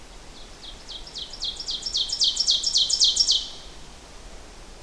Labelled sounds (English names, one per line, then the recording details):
Ovenbird song
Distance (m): 10 m
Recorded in boreal forest in Alberta, Canada, on 14 June 2016 at 08:16
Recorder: SongMeter 3, array SBT-3-33
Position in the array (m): 108 m, 136 m
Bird 21